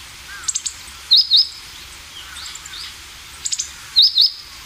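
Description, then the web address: Meadow bunting giving two short bursts of sharp, high call notes about three seconds apart, each preceded by fainter chirps. Call note, given in Japanese as jinaki, the ordinary non-song call. "sikioto. houzirozinaki"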